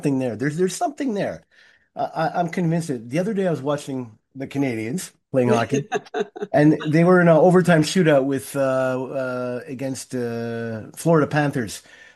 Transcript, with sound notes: there's something there. Uh, I, I'm convinced that the other day, I was watching the Canadians playing hockey.
(laughs)
And they were in a overtime shootout with, uh, uh, against, uh, Florida Panthers.